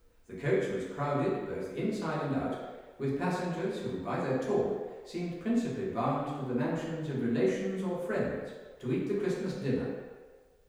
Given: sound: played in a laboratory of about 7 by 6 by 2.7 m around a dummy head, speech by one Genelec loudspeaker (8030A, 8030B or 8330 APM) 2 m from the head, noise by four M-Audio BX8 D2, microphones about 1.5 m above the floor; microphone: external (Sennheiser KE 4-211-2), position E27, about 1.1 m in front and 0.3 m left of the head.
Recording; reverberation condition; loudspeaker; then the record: male speech in English; high; 120 degrees to the left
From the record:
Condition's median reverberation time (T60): about 1300 ms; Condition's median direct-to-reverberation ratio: about -4.0 dB